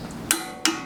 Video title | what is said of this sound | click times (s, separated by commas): 2006 Honda Odyssey EXL RES Front Passenger Wheel Bearing Replacement Part 6 of 6 | There it is. There's a click. That's a nice, happy click. | 0.3 s, 0.7 s